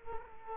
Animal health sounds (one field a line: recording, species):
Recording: mosquito wingbeat signal from an infrared sensor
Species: Culex quinquefasciatus